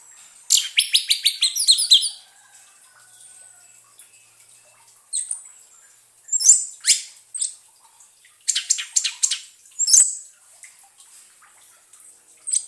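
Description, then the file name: Orange-headed thrush song opening with a rapid run of sharp repeated notes, followed by scattered high chirps and squeaky phrases. Song therapy for an orange-headed thrush that has stopped singing. "terapi suara anis merah macet bunyi"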